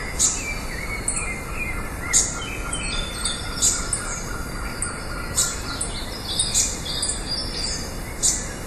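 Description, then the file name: Eastern slaty thrush singing a series of sharp, high-pitched notes at irregular intervals, against constant background noise. Recorded in Urugua-í, Argentina, on 12 October 2013. "Turdus-subalaris 2013-10-12 PP-Urugua-i Jorge-La-Grotteria"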